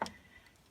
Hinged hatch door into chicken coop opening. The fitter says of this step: and we just unhook this little hatch and let it drop down and snap into place.